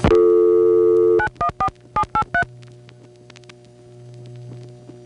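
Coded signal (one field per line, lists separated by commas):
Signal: DTMF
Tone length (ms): 90 ms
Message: 914783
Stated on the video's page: Multi-frequency trunk signalling on a call from NYC to a senderized step-by-step office in Chester NY, 1977.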